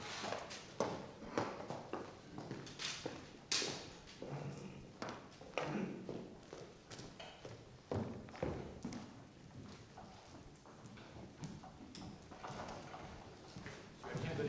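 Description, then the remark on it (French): Doors thud shut and locks click as the doors are closed and locked, in an irregular series of sharp knocks and rattles, with indistinct voices murmuring underneath for the whole stretch. “Fermez la porte là-bas et cachez la clé. L'autre porte aussi.”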